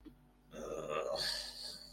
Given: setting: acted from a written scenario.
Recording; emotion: vocal sound without words; contempt